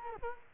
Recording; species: mosquito wingbeat signal from an infrared sensor; Culex quinquefasciatus